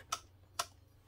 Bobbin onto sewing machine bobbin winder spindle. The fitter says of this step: you want those to match up so the bobbin will lock into place.